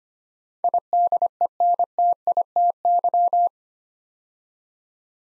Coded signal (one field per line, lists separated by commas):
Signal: Morse code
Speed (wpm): 25 wpm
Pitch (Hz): 700 Hz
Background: none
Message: IDENTITY